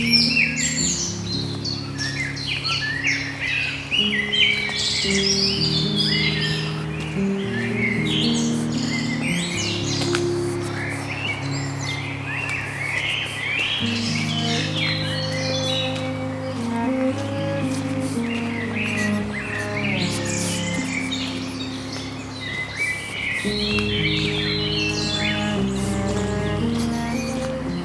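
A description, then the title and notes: A busy forest with many birds chirping and calling over one another, dense and unbroken for the whole stretch. Beneath them runs a low, steady hum of held tones that shift pitch in slow steps, with a clear change around 23 seconds. Walking Through the Busy Forest.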